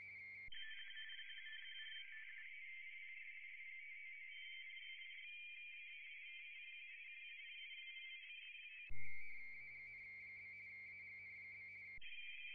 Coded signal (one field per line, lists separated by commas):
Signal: RTTY